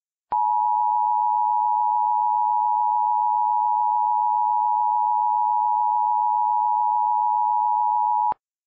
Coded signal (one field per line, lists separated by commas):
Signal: Emergency Alert System (SAME) tones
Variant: 853 and 960 Hz attention tone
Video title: *VALID TONES* Hurricane Jerry: Great Lakes Monster - REMASTERED EDITION